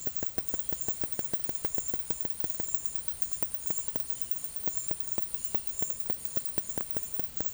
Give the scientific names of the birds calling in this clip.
none